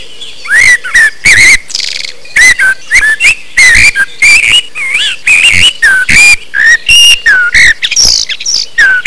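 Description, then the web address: Bird giving quick bursts of clear whistled notes that slide up and down, interspersed with rough, noisy chatter, with short gaps between phrases. "特酷声音素材库 动物 鸟 Bird"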